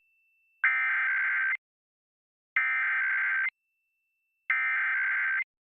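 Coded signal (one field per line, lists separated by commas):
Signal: Emergency Alert System (SAME) tones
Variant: header bursts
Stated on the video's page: Required Monthly Test relayed on WAIQ-DT1, Alabama Public Television, during a children's program.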